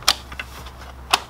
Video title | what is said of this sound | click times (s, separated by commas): New Dodge Ram radio replacement kit from Pac Audio the RPK4 CH4101 Beta review and install | radio will snap into place inside of the kit that's what those orange for | 0.1 s, 1.1 s